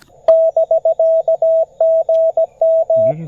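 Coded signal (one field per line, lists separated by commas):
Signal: Morse code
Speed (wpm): 17 wpm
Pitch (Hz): 650 Hz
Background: speech, radio noise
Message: <BK> GM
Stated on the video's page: QRP CW on a Parks on the Air activation from a state park, using a CFT1 transceiver, paddle key and 40m end-fed half-wave antenna.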